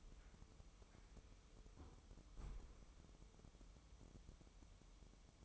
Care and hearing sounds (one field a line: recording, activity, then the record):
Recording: daily activity, microphone in the room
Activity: close fridge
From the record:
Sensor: 1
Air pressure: 988.4 hPa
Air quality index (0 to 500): 200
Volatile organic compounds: 1000 ppm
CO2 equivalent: 5332 ppm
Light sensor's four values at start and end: 27/99/37/39 and 27/99/37/39